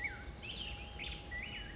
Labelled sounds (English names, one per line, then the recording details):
Black-headed Grosbeak
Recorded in Sonoma County, California